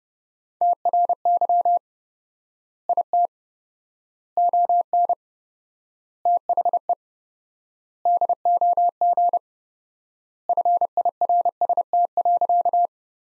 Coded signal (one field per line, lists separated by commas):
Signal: Morse code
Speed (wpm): 32 wpm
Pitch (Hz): 700 Hz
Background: none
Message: TRY IT ON THE DOG FIRST.